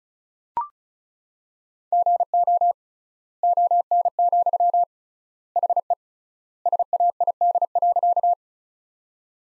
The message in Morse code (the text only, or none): GO ON, HE SAID.